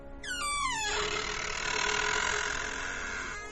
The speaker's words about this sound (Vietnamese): Tiếng kéo kẹt cửa vẫn cứ vang lên.